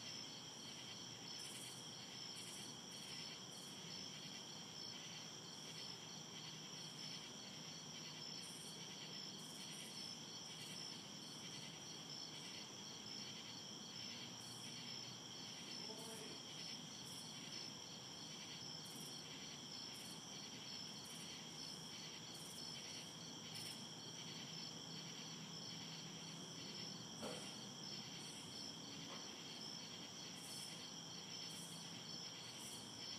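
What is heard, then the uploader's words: Crickets chirp steadily throughout, a dense, high, shimmering trill with regular pulses repeating about every second. A low, even rumble hums underneath the whole time, and a couple of faint short sounds stand out briefly around the middle and near the end. ASMR Crickets Chirping.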